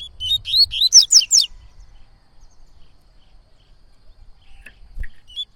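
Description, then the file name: Yellow-bellied Seedeater singing a rapid phrase of high, bright whistled and slurred notes over about a second and a half, followed by near silence. Bird singing a lot, performing the tui-tui song style. "Coleiro Baiano Cantando Muito Canto Tui Tui"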